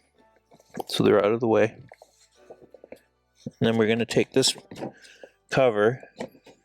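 Someone talks while handling a plastic cover that is about to be pressed back onto the rear console over the routed cables, during the install of a 7" rear entertainment and climate control touch screen display in a Model 3/Y. Only faint, brief handling ticks are heard between the speech. Nothing has seated or clicked yet.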